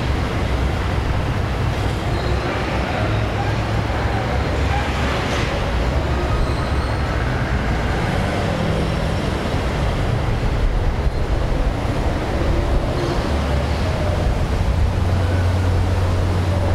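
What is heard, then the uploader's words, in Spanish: Street ambience in a city neighbourhood, with a steady, dense wash of traffic and a low engine rumble that never lets up. Faint voices drift through now and then, and a deeper vehicle hum swells near the end. Industrial noises intermingle and blend into each other. Human voices weaken, only those invisible but constant sounds appear daily. Paisaje Sonoro de un sector del Barrio Sant Marti: Josep Pla entre Pere IV y Carrer Marroc-. Ciudad de Barcelona.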